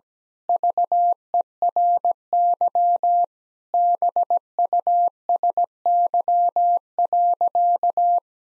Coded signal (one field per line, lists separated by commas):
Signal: Morse code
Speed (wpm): 17 wpm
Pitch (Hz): 700 Hz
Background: none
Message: VERY BUSY.